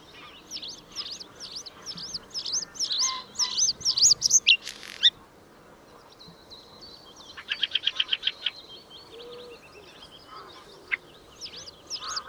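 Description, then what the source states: Bluethroat song: fast runs of repeated high V-shaped notes, then a burst of harsh buzzy notes, a rattling series of clicks, and a few scattered chirps after a pause. Recorded at Schurrsee on 13 April 2014.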